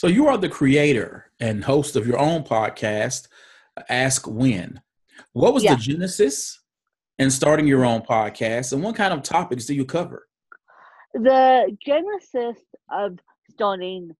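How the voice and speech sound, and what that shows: An adult interviewer asks a fluent, clearly articulated question; a second voice begins answering slowly at the end.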